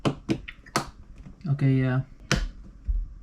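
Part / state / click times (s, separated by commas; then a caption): memory module into motherboard DIMM slot / seated / 2.3 s. A DDR5 memory module is pressed down into a motherboard DIMM slot, with a click expected when it is fully in, and several sharp taps and clicks are heard while someone talks. The retention clip snaps at 2.3 s, and the module is seated.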